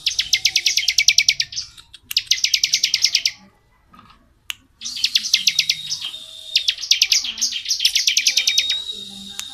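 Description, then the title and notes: Bar-winged prinia delivering repeated rapid buzzy trills, a short silence, then more trills mixed with a thin steady whistle in the background. Ngebren song style, used as tutor audio for white-rumped shamas. "Suara burung ciblek - Suara Nada"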